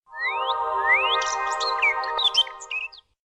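Bird whistles, rising glides then a quick twittering jumble of chirps lasting about three seconds, over a steady layered tonal background.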